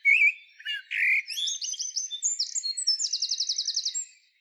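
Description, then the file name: Eurasian blackbird song opening with low fluty whistles, then climbing into a fast, high, evenly repeated twittering trill before stopping. "Turdus merula"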